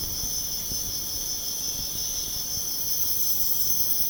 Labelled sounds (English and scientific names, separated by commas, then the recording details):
none
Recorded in pastures near Puerto Asís, Putumayo, Colombia, on 23 June 2025 at 05:00
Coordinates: 0.496, -76.326
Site GP01